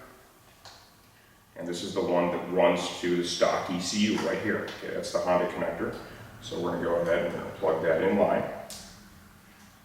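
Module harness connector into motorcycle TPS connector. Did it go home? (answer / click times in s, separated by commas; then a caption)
yes / 8.7 s. A plastic wiring-harness connector from a Bazzaz Z-Bomb timing module is plugged in line with the stock Honda throttle-position-sensor connector that runs to the stock ECU on a 2008–2014 Honda CBR1000RR motorcycle. Someone talks throughout, and a short sharp snap is heard at 8.7 s as the connector lock clicks into place and the connector seats.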